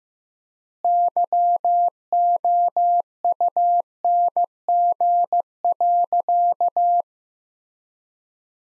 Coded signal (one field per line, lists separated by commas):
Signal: Morse code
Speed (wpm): 15 wpm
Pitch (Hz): 700 Hz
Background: none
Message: YOUNG.